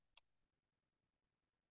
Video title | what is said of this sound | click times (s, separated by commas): Jim's Budget Archery UnBoxing Shooting and um Poor Kitty! | it clicks so you didn't hear it but it clicks so | 0.2 s